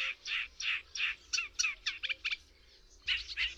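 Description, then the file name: Eurasian reed warbler song: a few rasping notes, then a fast run of sharper chattering phrases, a short pause and more harsh notes. "Trzcinniczek"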